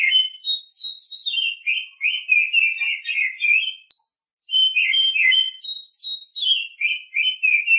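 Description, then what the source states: Oriental magpie-robin song: two rapid phrases of bright descending whistles and scratchy warbles, divided by a short gap, otherwise quiet background. Champion-class bird.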